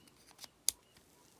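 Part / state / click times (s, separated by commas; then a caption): plastic leg armor piece into a 1/12 scale action figure / seated / 0.7 s. A plastic leg armor piece is pushed back onto a 2020 Sentinel Toys Iron Man Armorize 1/12 scale action figure, taking some force. A faint tick at 0.4 s comes before one sharp, bright click at 0.7 s. The leg armor clicks back in and is seated.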